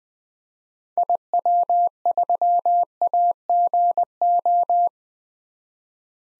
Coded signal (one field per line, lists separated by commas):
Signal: Morse code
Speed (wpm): 20 wpm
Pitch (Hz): 700 Hz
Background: none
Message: IW3AGO